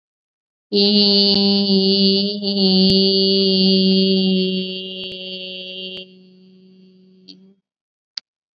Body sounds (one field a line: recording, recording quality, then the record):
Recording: sustained vowel as in beet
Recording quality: excellent, no background noise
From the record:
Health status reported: COVID-19 positive, mild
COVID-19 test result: positive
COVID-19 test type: rapid antigen test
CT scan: not taken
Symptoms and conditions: cold, fever, diabetes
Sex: female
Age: 39 years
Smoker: no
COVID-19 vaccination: both doses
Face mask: worn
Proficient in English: yes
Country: India